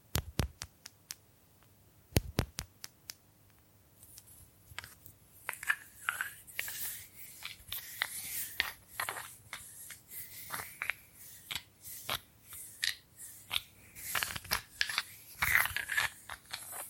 Bamboo Tapping, Scratching and Brushing Sounds